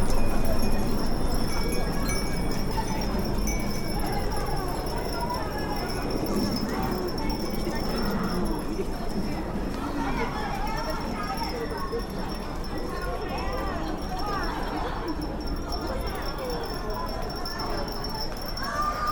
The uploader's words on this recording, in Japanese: 雑踏と風鈴（Binaural）- bustle & wind chimes。平日夕方の浅草の雷門辺りで録りました。